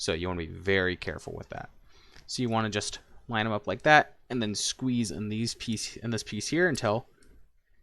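Someone talks while lining up the plastic armor tabs on a Transformers Kingdom Galvatron transforming action figure and squeezing the armor piece into the figure body. Nothing has clicked or seated yet.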